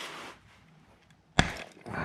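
A ratchet with a 12 mm socket breaks loose the tight metal oil drain bolt on the oil pan of a Honda CB500F motorcycle engine. A sharp, loud pop sounds at 1.4 s as the bolt cracks loose, and quieter broadband rustling follows. The bolt is released.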